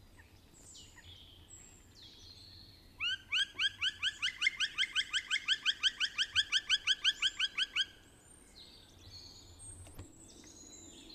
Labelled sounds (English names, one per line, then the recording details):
Black Woodpecker call
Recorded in the wild
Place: Kaiserslautern, Rheinland-Pfalz, DE
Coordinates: 49.4153, 7.83444
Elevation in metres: 342
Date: 1974-04-04
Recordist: Tretzel, Erwin